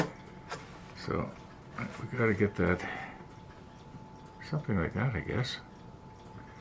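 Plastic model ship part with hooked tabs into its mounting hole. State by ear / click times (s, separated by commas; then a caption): not seated / none. A small plastic model ship part with little hooked tabs is handled at its mounting hole while someone talks. Only faint handling sounds are heard under the talking. Nothing has seated or clicked yet; the part is not yet home.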